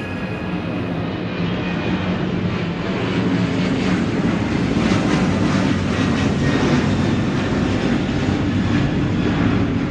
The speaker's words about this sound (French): L'avion qui les survole est étrangement bas.